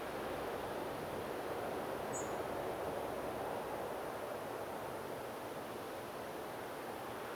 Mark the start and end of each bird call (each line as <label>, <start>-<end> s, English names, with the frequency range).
European Robin (6.5-8.8 kHz), 2.12-2.22 s